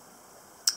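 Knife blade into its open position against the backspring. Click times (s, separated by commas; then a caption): 0.7 s. The sheepsfoot blade of a bone-handled 2017 GEC #15 TC Barlow slipjoint pocket knife is opened against its backspring. After near silence, a single sharp, bright snap is heard at 0.7 s. The blade seats firmly into its open position.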